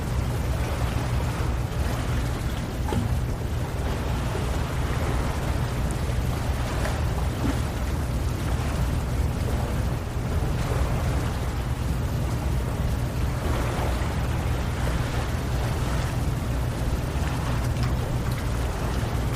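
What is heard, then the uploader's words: Maldives ambient sound: a steady, dense wash with a strong low rumble that never lets up, like surf or wind. Faint crackles and brief brighter swells drift through the texture every few seconds, while the overall level stays even throughout. Malediven ASMR: Ambient 3D-Sound.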